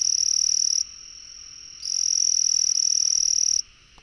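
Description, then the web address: Frog trill, high and buzzy. A fainter steady tone fills a short break, then a louder trill runs almost two seconds and stops abruptly. "frog rec 150520"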